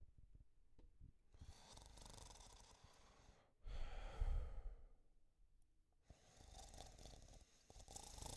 Snoring.